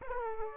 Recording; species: mosquito wingbeat signal from an infrared sensor; Aedes aegypti